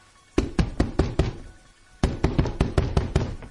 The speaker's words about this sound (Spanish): Una noche, de repente, como alrededor de las 4 de la madrugada, empiezan a tocar a la puerta. Y empiezan a tocar a la puerta con insistencia.